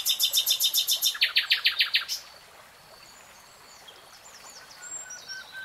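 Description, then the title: Nightingale song opening with rapid repeated sharp notes that drop lower midway, followed by quieter high thin whistles and chirps. Singing, recorded in real time. "[Tiếng chim hót] Nightingale Singing"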